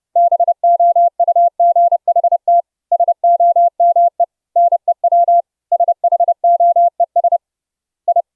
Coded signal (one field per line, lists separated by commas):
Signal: Morse code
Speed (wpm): 30 wpm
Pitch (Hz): 690 Hz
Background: none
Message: BOUGHT SOME NEW SHOES I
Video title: Using 3 instances of the Morse Keyer APP to send iambics & Straight Key CW on Mumble Voice Chat